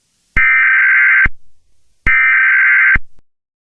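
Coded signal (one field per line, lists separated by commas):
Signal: Emergency Alert System (SAME) tones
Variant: header bursts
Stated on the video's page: Fictional EAS scenario, not a real alert.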